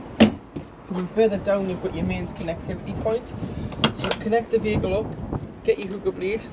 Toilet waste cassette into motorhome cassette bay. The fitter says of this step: then that just slides in and clicks back in there coming